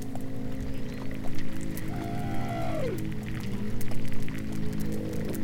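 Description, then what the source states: Bearded seal underwater song: a wavering tone that holds level, then drops sharply, over a low steady hum and scattered clicking. First bearded seal recorded with hydrophones lowered from a research ship in the Arctic marginal ice zone during a spring bloom study; singing, beautiful tone.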